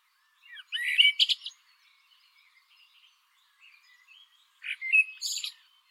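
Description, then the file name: Eurasian blackbird song: a mellow warbled phrase ending in a scratchy high twitter, a pause with soft faint notes, then another fluted phrase with a shrill ending. "Turdus merula"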